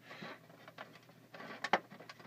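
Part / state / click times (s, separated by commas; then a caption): plastic display case joined to another display case / seated / 1.7 s. Two plastic diecast display cases are slid together flush and joined, with scraping and rustling handling sounds throughout. A sharp plastic click at 1.7 seconds marks the case snapping into place, seated.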